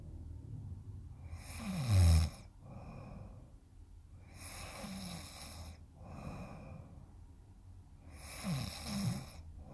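An adult snoring in sleep: three loud, rattling snoring breaths over about ten seconds, with quieter breathing in between.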